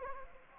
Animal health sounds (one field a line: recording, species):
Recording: mosquito wingbeat signal from an infrared sensor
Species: Anopheles gambiae